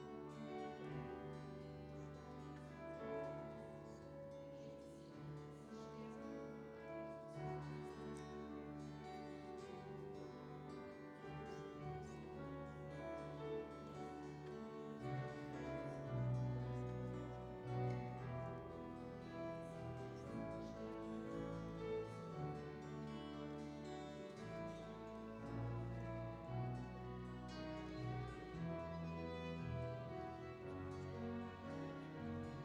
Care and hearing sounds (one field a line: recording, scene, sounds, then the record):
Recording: everyday scene through a hearing-aid microphone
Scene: reverberant space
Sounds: music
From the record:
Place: church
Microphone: in the ear canal, right